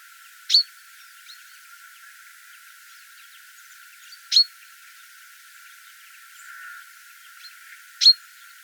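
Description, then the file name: Common chaffinch giving short, sharp high call notes, three loud calls roughly every four seconds with faint softer chips between them. "Fringilla coelebs"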